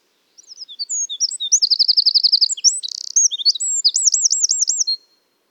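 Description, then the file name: Eurasian wren: a shrill, fast outpouring of chips and trills, a brief dry rattle in the middle, then looping notes before stopping abruptly. "Troglodytes troglodytes"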